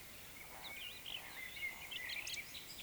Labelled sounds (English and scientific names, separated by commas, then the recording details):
Eurasian Woodcock (Scolopax rusticola) whistle, Eurasian Woodcock (Scolopax rusticola) croak
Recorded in Baden-Württemberg, Germany, on 20 May 2021 at 19:12 UTC
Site 24606, 635 m above sea level